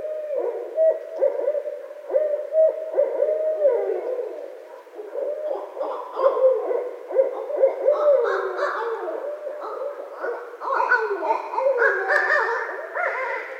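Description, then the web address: Barred owl hooting and cackling, dense overlapping wailing hoots running almost nonstop, rising in pitch toward the end. Recorded on 19 February 2012. "Barred Owl 2012 02 19"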